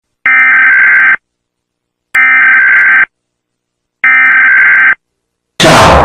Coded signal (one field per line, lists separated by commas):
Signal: Emergency Alert System (SAME) tones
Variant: header bursts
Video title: Vatican City EAS Alarm (1901)